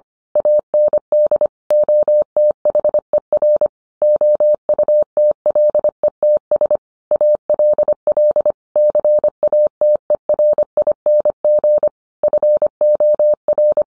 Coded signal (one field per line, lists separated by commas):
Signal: Morse code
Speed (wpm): 25 wpm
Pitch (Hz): 600 Hz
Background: none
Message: AND OTHER OUTLETS ALL CATERING FOR